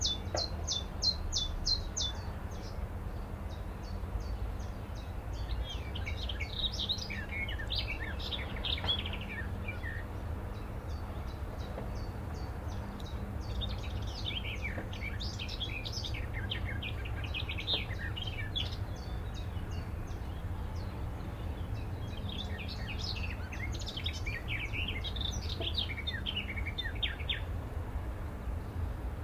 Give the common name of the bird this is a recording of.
Willow Warbler